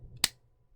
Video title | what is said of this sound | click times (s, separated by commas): Pokemon Z-Ring Set Review + Showing Z-Moves In Game! | little hole right there on this little nub up here and you can hear it click in | 0.2 s